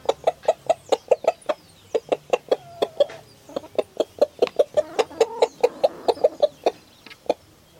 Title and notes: Gallinas Vereda Potrerito. Vereda al oriente antioqueño potrerito, mas o menos 12 del dia